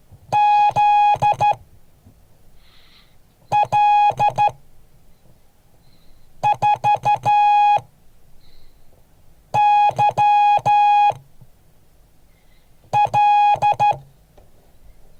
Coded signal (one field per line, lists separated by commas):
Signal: Morse code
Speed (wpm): 12 wpm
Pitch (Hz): 830 Hz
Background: none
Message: ZL4YL